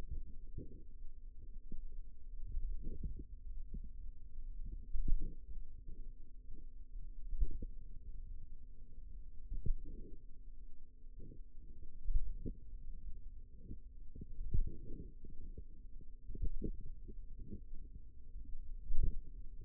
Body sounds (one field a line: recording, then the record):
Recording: forearm muscle sounds (acoustic myography)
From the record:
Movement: finger pinch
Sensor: system 2, bracelet of six BSWA MPA416 microphones around the upper forearm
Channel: 4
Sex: female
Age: 22 years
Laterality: right